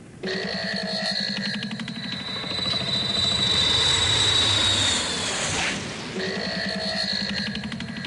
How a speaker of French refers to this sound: La Tex, tu fais chauffer l'avion, s'il te plaît.